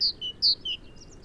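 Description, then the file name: Great tit call: four bright whistled notes alternating between a higher and a lower pitch in a quick two-part rhythm. "Parus major"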